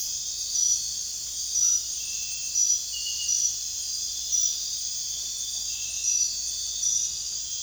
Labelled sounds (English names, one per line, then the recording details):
none
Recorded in pastures near Puerto Asís, Putumayo, Colombia, on 22 June 2025 at 01:30
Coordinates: 0.466, -76.322
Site GP07